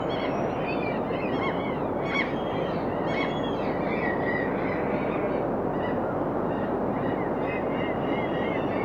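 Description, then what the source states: Birds calling, a busy mix of honking and squealing notes, over continuous loud rushing noise. On a rocky shoreline.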